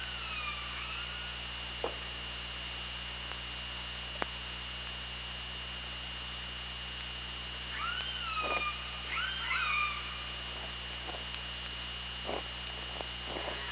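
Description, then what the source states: Orca calls, a cluster of bending, harmonic-rich tones rising and falling in the second half, with scattered clicks and a constant underwater hum. Recorded by OrcaLab hydrophone underwater on 24 August 2017, 18:21:54.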